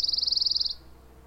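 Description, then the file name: Eurasian wren, a rapid high trill of evenly spaced pulses lasting under a second, then fading to quiet background hiss. "Troglodytes troglodytes"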